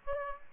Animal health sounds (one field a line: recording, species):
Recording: mosquito wingbeat signal from an infrared sensor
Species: Aedes aegypti